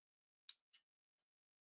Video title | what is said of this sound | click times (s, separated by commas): New Bait Alert - Live Unboxing of Exciting New Bass Fishing Lure for 2022! | has like a a subtle click | 0.5 s